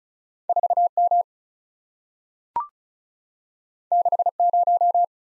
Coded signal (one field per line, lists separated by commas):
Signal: Morse code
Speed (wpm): 36 wpm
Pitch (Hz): 700 Hz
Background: none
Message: 4 M 6 0